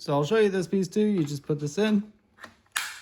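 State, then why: Seated. A plastic bassinet attachment adapter is pushed into its mounting hole on the frame of a Thule Urban Glide 3 stroller while someone talks. After a couple of faint ticks, a sharp snap at 2.8 s marks the adapter seating in place.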